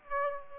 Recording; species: mosquito wingbeat signal from an infrared sensor; Aedes aegypti